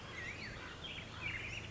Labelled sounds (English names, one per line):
Black-headed Grosbeak